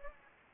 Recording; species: mosquito wingbeat signal from an infrared sensor; Anopheles gambiae